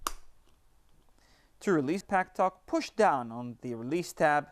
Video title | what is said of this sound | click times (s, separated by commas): Cardo Scala Rider Packtalk Bold Headset Installation - Motorcycler.com | this and then press firmly on the backside until you hear that click to | 0.1 s